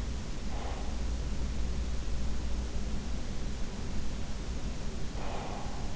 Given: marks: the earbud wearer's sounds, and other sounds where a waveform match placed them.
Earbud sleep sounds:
sounds in sleep by an in-ear microphone; breath
0.41-1.19 s: breath
5.17-5.96 s: breath

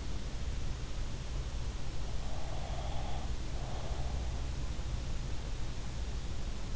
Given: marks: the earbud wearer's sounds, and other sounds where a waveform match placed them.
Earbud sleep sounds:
sounds in sleep by an in-ear microphone; breath
2.20-4.40 s: breath

